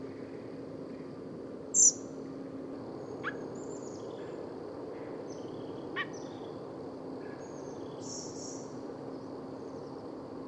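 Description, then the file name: Common blackbird giving one sharp, high thin call early on, with a few faint clicks and soft high notes afterwards over a steady low hum. "Turdus merula"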